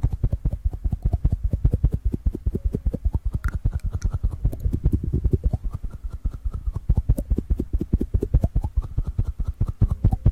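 Sugar is eaten with a fast, steady crunching, about eight or nine sharp, heavy clicks each second that run without pause. Over this, a soft rising and falling whine comes up several times, near 3, 6 and 9 seconds.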